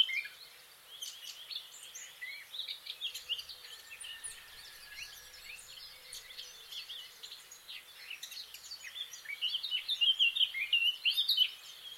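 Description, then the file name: Eurasian blackcap song: long stretch of soft chattering warble, then a loud series of clear fluting notes in the last few seconds. "Sylvia atricapilla"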